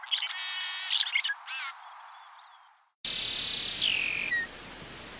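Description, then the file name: Black siskin song of buzzy, harmonic-rich notes and quick twittering, then after a brief silence another buzzy phrase ending in a falling slur over steady hiss. "Canto do canario andino negro"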